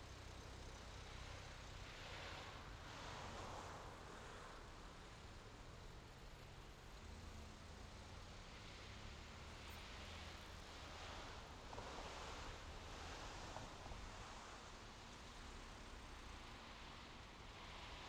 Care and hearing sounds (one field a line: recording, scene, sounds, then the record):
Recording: everyday scene through a hearing-aid microphone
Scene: in traffic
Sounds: traffic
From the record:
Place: main road on the outskirts, rush hour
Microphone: in the ear canal, left